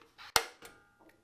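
The fuel filler cap on the petrol engine fuel tank of a new JCB PW7532 petrol pressure washer is screwed down, and its built-in clutch mechanism gives one sharp, loud click at 0.4 s once the cap is tight. Quieter handling sounds come just before and after the click. The cap is confirmed down firm.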